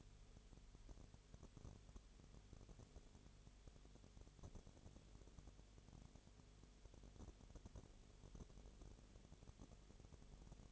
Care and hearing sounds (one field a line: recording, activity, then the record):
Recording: daily activity, microphone in the room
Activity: no activity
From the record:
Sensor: 4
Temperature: 22.0 degrees Celsius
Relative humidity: 29.5%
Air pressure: 1002.1 hPa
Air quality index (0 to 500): 59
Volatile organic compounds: 1 ppm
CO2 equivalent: 607 ppm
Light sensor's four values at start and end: 2/3/1/1 and 2/3/1/1